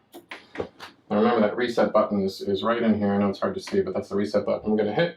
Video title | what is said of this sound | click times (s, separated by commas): How to Program the ARM CPU in the Platinum Plus | all the way until you hear it click | 0.3 s